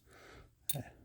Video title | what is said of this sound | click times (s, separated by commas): STAR MODEL Z 70B UNBOXING | locks in place. | 0.7 s